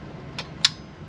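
A torque wrench tightens the oil drain plug, fitted with a rubber washer, into a Land Rover engine sump. A softer tick comes at 0.4 s, then the wrench gives a sharp click at 0.7 s, signalling it has reached its 24 Nm setting.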